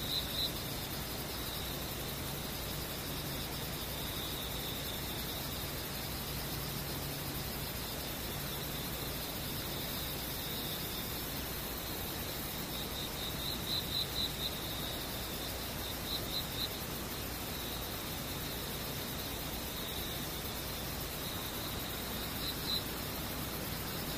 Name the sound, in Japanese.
ムシ